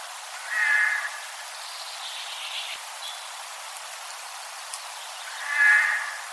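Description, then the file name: Eurasian jay uttering a pair of short, grating screeches near the start and end, separated by about five seconds of faint hiss. "Garrulus glandarius"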